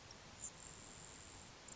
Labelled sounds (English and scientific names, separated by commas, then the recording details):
Grasshopper Sparrow (Ammodramus savannarum)
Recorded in Sonoma County, California